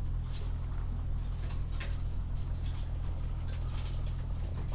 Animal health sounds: poultry house recording; sick chickens (respiratory disease)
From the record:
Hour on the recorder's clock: 18

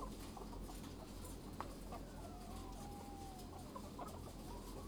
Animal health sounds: poultry house recording; sick chickens (respiratory disease)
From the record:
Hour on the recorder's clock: 8

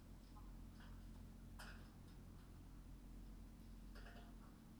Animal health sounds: poultry house recording; sick chickens (respiratory disease)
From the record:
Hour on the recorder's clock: 21

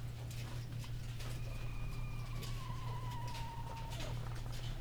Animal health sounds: poultry house recording; sick chickens (respiratory disease)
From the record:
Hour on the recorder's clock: 15

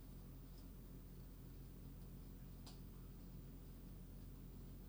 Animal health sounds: poultry house recording; no chicken sound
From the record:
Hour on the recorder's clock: 2

